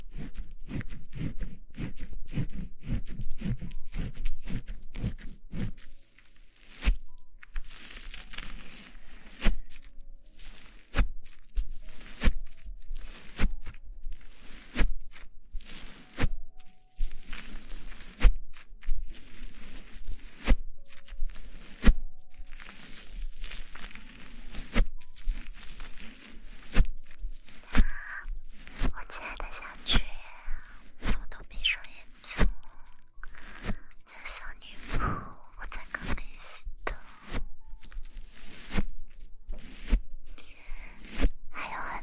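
Hair being shampooed with quick scalp scratching, a dense run of crisp rustles and wet squishes, with brief pauses and occasional soft low thumps.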